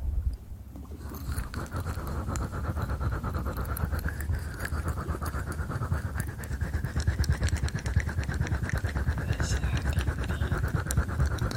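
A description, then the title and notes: Fast, wet eating and licking sounds crowd together in a dense, rapid patter of small clicks and smacks for the whole clip. After a quieter first second the sound stays steady and busy, with a low rumbling thump underneath and a faint bright whine above. ASMR Fast Ear Eating & Licking.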